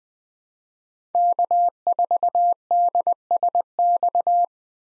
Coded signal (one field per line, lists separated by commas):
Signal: Morse code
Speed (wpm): 21 wpm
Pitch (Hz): 700 Hz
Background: none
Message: K4DSX